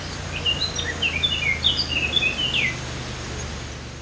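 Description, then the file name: Eurasian blackcap song, a quick run of varied high chirps and whistled notes over about two seconds, with a steady low hum beneath. "Sylvia atricapilla"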